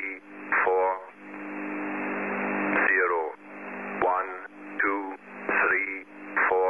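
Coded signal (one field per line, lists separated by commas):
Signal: numbers station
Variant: E06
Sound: voice reading short words over radio, two overlapping transmissions slightly out of step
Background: radio static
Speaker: now over here this is two out to sync messages that was sent from e06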